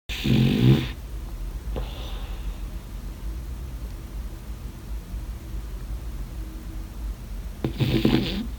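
A sleeping French Bulldog snores with low, rumbling breaths, and louder snorts at the start and end.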